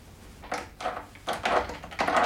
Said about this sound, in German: Das Schloss scheint verrostet zu sein. Ja, warte mal, vielleicht klemmt die Tür. Ich heb sie mal was an.